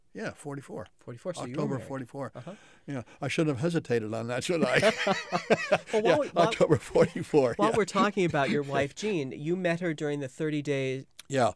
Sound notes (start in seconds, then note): 4.5 laughter; 7.5 laughs